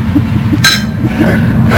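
glasses clinking

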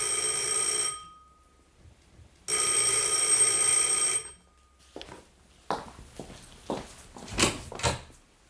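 bell ringing

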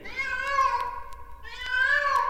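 cat meowing

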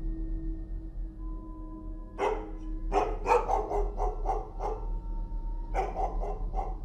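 dog barking

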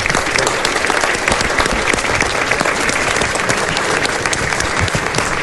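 audience applause

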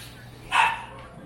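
dog barking

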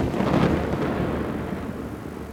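thunder rumbling

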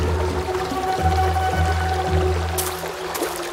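flowing river water

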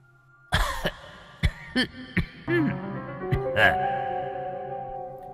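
soft hacking cough

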